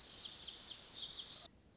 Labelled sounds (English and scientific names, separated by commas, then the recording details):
Lazuli Bunting (Passerina amoena)
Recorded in Sonoma County, California